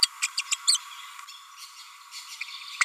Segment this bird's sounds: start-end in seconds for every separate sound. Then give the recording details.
0.22-0.27, 0.38-0.41, 0.52-0.54, 0.67-0.77, 2.41-2.43, 2.81-2.83. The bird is a female. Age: 30 days. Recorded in a nest box in Venezuela. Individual 17B42A4